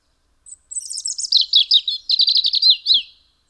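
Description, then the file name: European robin delivering a brief high note, then a high, tinkling phrase of rapid twittered notes that slides downward near the end, otherwise quiet. "Erithacus rubecula"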